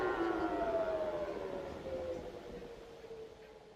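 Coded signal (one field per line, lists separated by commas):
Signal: siren signal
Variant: Hörmann HLS 273 siren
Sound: loud wailing siren tone with harmonics, slowly shifting pitch, gradually fading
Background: outdoor ambience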